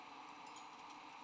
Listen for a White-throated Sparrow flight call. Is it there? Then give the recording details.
no. No flight call is heard. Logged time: 07:17 on 18 December 2014